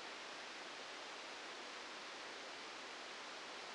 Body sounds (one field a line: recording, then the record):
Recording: brain microelectrode recording played as sound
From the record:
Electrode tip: outside the subthalamic nucleus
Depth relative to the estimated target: -6 mm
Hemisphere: right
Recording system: NeuroSet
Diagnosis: Parkinson's disease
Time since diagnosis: 8 years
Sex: male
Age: 59 years